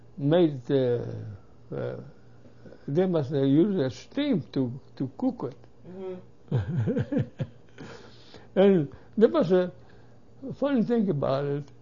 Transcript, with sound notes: made, they was, uh, use steam to cook it. (he laughs) There was a funny thing about it.